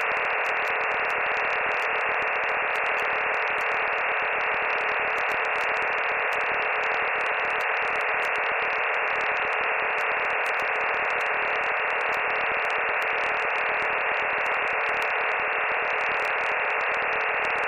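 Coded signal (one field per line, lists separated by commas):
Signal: digital SSTV (DRM)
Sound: steady dense rushing hiss, like filtered noise, unchanging for the whole clip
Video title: Data bij de Daily Minutes Podcast (DRM, Fldigi) 15 september 2019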